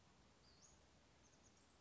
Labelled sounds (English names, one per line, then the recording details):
Western Flycatcher
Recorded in Sonoma County, California